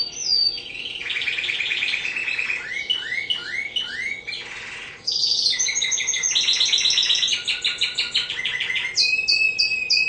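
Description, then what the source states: Spanish Timbrado canary singing a continuous, varied song of fast rolling trills and repeated arched notes, shifting between high buzzy rolls and slower looping phrases. Spanish Timbrado canary singing actively (gacor) with long rolling song (ngerol panjang).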